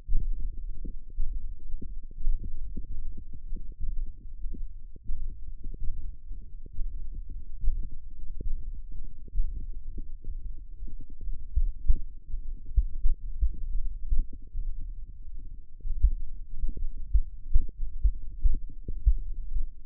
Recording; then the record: forearm muscle sounds (acoustic myography)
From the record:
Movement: hand opening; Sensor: system 1, eight BSWA MPA416 microphones around the upper forearm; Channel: 8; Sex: male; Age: 23 years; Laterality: right